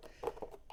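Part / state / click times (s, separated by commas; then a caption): floor mat adapter clip into vehicle carpet / not seated / none. A floor mat adapter clip for a Fisker Ocean is handled and pressed against the vehicle's floor carpet, making soft rustling and a couple of short, muffled taps near 0.3 s and 0.4 s. Nothing has seated or clicked yet; the clip is not yet home.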